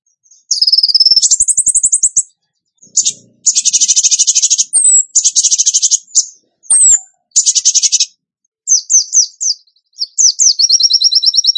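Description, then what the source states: Songbird song of rapid buzzy trills and chattering bursts high in pitch, broken by short pauses, with quick repeated down-slurred notes near the end. Masteran training recording in the tembakan gacor style.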